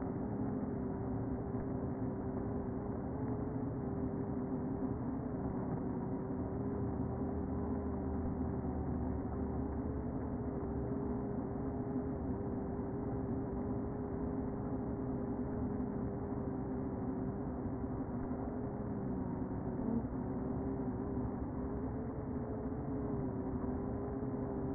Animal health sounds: honeybee colony, microphone inside the hive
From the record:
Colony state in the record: queen present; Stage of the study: before two queens were removed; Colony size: about 60,000 bees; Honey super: yes

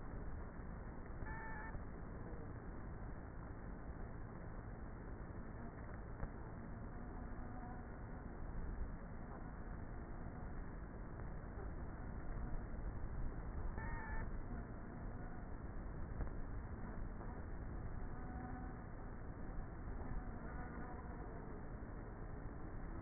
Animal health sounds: honeybee colony, microphone inside the hive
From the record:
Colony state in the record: queenless with a low population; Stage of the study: before two queens were removed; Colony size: about 30,000 bees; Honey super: no

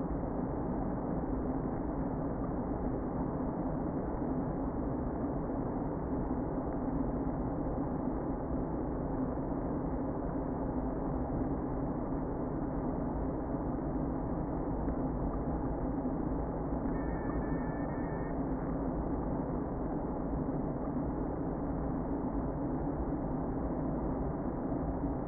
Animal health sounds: honeybee colony, microphone inside the hive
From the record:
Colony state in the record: queen present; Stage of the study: before two queens were removed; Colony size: about 60,000 bees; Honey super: yes

